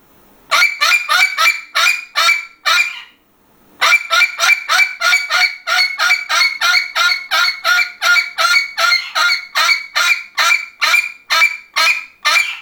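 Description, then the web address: Parrot squawking: a fast run of loud, harsh, harmonic notes, about two or three a second, with a brief pause before the series resumes. "попугай"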